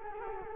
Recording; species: mosquito wingbeat signal from an infrared sensor; Culex quinquefasciatus